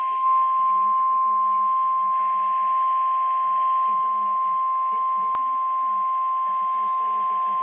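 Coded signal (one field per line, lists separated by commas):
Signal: Emergency Alert System (SAME) tones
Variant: 1050 Hz attention tone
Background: speech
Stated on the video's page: Severe Thunderstorm Warning received on a NOAA Weather Radio.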